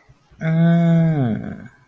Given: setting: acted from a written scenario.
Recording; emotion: vocal sound without words; realization